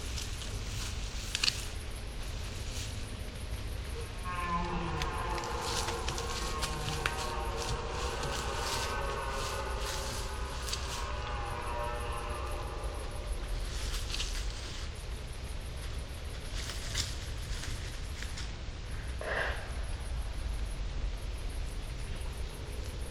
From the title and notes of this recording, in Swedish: Kronhjortarnas ljudvärld. Tänk dig en helt stilla kväll i början av september. Solen har precis gått ner och du sitter i skogsbrynet, framför dig ligger en blommande klövervall. Det är kronhjortarnas brunsttid och här i området går det flera stora hanar.